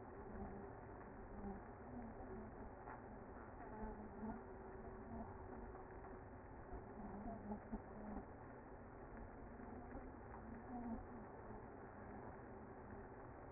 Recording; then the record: honeybee colony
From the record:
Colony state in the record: active